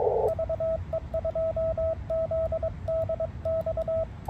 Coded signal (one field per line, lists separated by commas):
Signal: Morse code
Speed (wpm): 22 wpm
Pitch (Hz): 650 Hz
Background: radio noise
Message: VE2ZDX